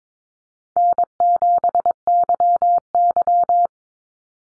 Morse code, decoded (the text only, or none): N7YY